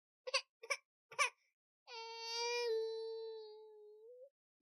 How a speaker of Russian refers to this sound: Раздается громкий плач, словно в ответ на мои мысли.